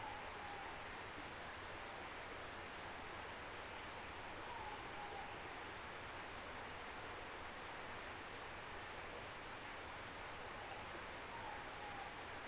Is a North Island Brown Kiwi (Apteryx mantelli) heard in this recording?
no